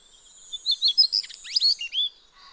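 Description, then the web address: Daurian redstart song: a short warbled phrase of rapid, high, twisting chirps and slurred notes over a steady thin high whistle. "sound Daurian-redstart. صدای-پرنده-دمسرخ-دائوری"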